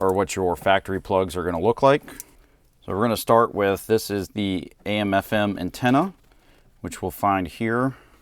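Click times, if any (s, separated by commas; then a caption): none. The factory AM/FM antenna plug on a 2014–2021 Toyota Tundra is handled during a Sony XAV-9500ES plug-and-play kit installation, on its way into the head unit harness adapter. Someone talks in bursts with short quiet gaps between them. Nothing has seated or clicked yet.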